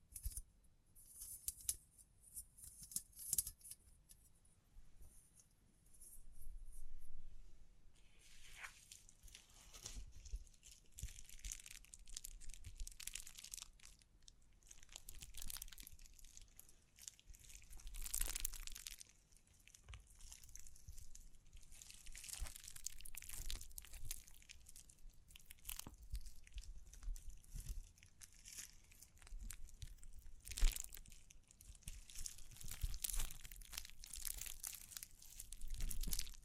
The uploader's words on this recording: ASMR 9 Triggers Assortment for Sleep Tapping, Scratching, Brushing, Crinkles(No Talking).